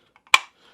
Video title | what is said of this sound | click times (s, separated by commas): BEST Budget Fixie For Practically ANYBODY! (Tenable Loki) | we got a satisfying click. | 0.3 s